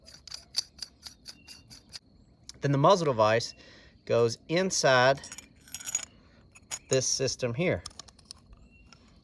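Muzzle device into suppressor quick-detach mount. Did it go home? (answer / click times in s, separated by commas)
yes / 8.0 s, 8.3 s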